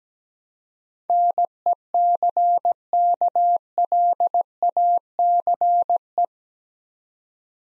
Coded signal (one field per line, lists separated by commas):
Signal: Morse code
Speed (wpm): 17 wpm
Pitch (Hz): 700 Hz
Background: none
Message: NECKLACE